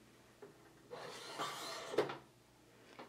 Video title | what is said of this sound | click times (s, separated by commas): Serger Series: HUSQVARNA VIKING: HUSKYLOCK s25: HOW TO THREAD | Once it clicks in place, then we're good to go. | 2.0 s